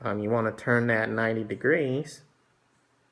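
A bolt cam pin sits in the bolt carrier of a Smith & Wesson M&P 15 rifle during reassembly, ready to be turned 90 degrees to lock it into place. Someone talks for about two seconds, then the sound fades to near silence. Nothing has seated or clicked yet.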